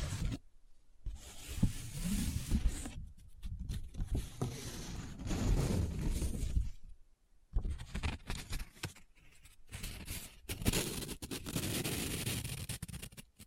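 Paper is rubbed, scratched and crinkled in dense, uneven bursts, with brief silent pauses near one, three, seven and ten seconds.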